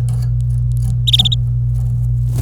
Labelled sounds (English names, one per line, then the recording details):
Domestic Canary song
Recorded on 26 April 2018 at 08:58
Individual llb3